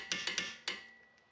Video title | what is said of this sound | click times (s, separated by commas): 2011-2016 Toyota Sienna Front Left Driver CV Axle Replacement How To DIY | My torque wrench only goes to 150, so we heard it click at 150. | 0.1 s